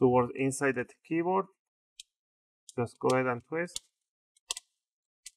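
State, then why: Released. Someone talks while a plastic pry tool is pushed one or two millimetres into the seam between the top and bottom covers of an Asus Vivobook Flip 14 TP410U laptop and twisted toward the keyboard. The plastic retaining clips of the bottom cover pop loose from the top case with sharp clicks at 4.4, 4.5, 4.6 and 5.3 seconds, releasing the cover.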